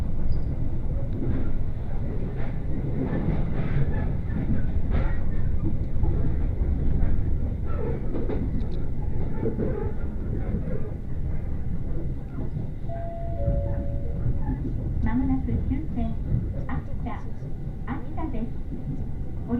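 Inside a crowded Uetsu Line train running from Ugo-Honjō to Akita, a steady low rumble of the moving carriage fills the whole clip. Passenger voices murmur throughout, with brief clicks and knocks scattered across it and a short tonal beep near the thirteen-second mark.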